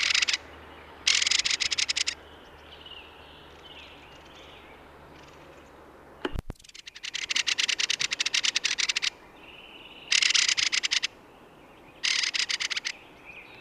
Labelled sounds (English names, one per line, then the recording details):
Mistle Thrush
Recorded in the wild
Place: Ehrwald, Wettersteingebirge, Tirol, AT
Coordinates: 47.4167, 10.9428
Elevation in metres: 1173
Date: 1971-04-13
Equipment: Nagra IV, Sennheiser MKH 405, Parabolreflektor
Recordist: Tretzel, Erwin